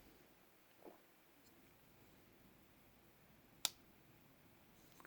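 The blade of a Civivi Governor folding pocket knife is closed and snaps shut into its steel handle detent with one sharp, bright click at 3.7 s. The knife is confirmed fully seated with a snappy, solid detent. Before it, there is a soft rustle near 0.9 s, and after it, two faint ticks around 5.0 s.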